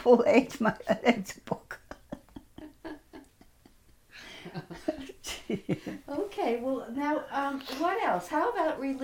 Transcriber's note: laughs